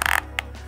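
The release button on a KORE Essential EDC ratchet belt buckle is pressed and the belt strap is slid down a few notches to loosen it after eating. The strap's ratchet teeth engage in quick, sharp clicks at 0.1, 0.1, 0.2 and 0.4 seconds. The buckle seats and locks in place, rigid and precisely adjusted.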